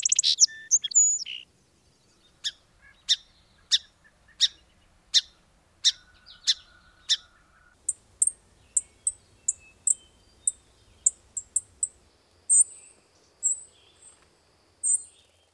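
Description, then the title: Bird calls: sharp, dry ticking notes repeated about every half second, later turning into thin, very high chips in a steady series. Described as a foreign (imported) bird. "BIrd Luar Ngri"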